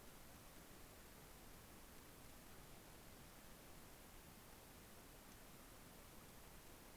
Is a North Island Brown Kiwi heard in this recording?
no